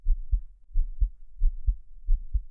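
A live heartbeat of an adult woman, heard with the ear pressed close to her chest: steady, low-pitched paired beats.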